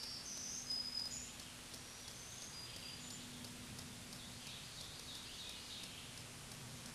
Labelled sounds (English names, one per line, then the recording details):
Black-throated Green Warbler song
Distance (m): 30 m
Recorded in a Pennsylvania forest on 1 June 2023 at 08:59
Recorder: AudioMoth, point grid3_38_low
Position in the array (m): 216 m, 140 m